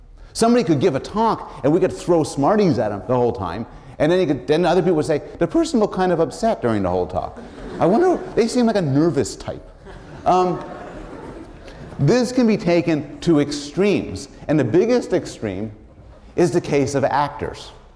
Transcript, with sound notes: Somebody could give a talk and we could throw smarties at them the whole time and then you could — then the other people would say, “The person looked kind of upset during the whole talk. [laughter] I wonder — They seemed like a nervous type.” [laughter] This can be taken to extremes and the biggest extreme is the case of actors,